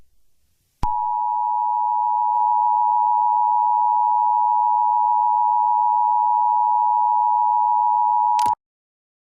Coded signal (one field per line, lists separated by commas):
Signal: Emergency Alert System (SAME) tones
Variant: 853 and 960 Hz attention tone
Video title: Eas scenario: Texan super storm